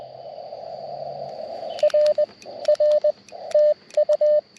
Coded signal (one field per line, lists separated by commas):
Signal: Morse code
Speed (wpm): 19 wpm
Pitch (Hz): 590 Hz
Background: radio noise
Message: RR TU